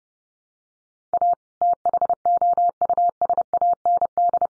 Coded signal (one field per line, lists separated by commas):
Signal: Morse code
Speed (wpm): 30 wpm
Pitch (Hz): 700 Hz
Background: none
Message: A THOUSAND